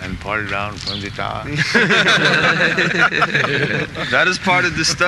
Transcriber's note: laughter